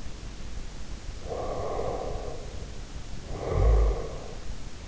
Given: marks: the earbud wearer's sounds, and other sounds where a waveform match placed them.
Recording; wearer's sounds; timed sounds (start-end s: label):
sounds in sleep by an in-ear microphone; breath
1.18-4.56 s: breath